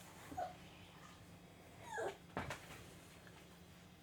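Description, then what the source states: Puppy whimpering: a few short, thin whines over a steady low hum and soft background noise. Puppy Cookie crying; one of eight puppies living at home with their mother for three weeks, named by the family's daughters; nursing time as night falls.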